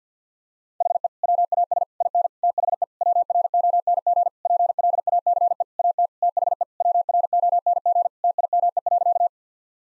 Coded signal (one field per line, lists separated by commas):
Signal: Morse code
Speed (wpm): 50 wpm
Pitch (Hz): 700 Hz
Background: none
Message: HE WAS IN THE WRONG PLACE AT THE WRONG TIME.